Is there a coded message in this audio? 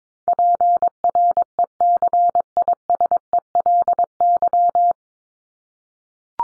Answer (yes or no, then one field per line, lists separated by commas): yes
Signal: Morse code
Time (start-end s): 0.3-4.9 s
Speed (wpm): 22 wpm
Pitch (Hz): 700 Hz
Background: none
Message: PRECISELY